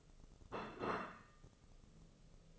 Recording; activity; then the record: daily activity, microphone in the room; place plate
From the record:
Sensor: 4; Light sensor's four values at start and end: 13/37/13/14 and 13/37/13/14